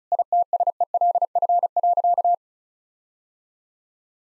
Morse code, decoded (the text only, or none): ITSELF.